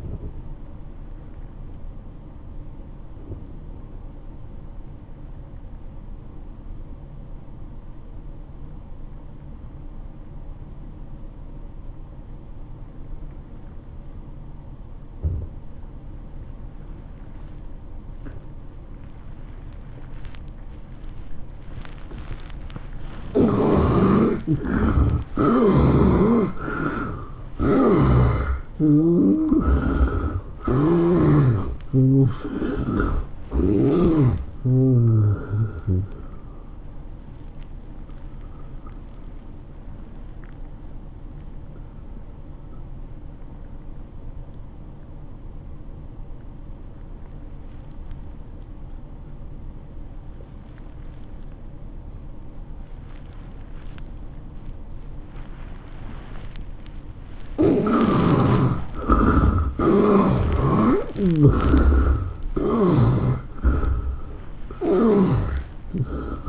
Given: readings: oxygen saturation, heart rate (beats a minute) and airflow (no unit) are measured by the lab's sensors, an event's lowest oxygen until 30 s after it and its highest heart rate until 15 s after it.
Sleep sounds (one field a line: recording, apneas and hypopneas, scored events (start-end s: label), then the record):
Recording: breathing in sleep by a smartphone at the bedside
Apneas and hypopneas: 2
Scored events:
3.00-24.60 s: obstructive apnea (N1, oxygen 97% highest, then 76% lowest, heart rate 100 at the start, 108 highest)
41.00-57.00 s: obstructive apnea (N1, oxygen 96% highest, then 71% lowest, heart rate 101 at the start, 111 highest)
45.00-66.49 s: new sleep stage, N2 (light sleep)
From the record:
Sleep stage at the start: N1 (lightest sleep)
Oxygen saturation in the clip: 76 to 97%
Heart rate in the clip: 85 to 110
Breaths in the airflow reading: 10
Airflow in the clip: -13.4 to 12.7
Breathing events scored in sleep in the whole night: 403 in 5.5 hours asleep